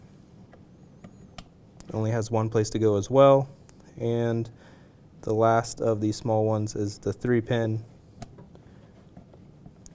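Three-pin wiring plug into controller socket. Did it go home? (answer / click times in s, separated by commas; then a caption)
yes / 9.9 s. A small three-pin plastic wiring plug is pushed into its socket on a Torex controller during a controller replacement. Someone talks, and faint ticks and handling clicks follow. The plug clicks in at 9.9 s, and all the plugs are confirmed as clicked in.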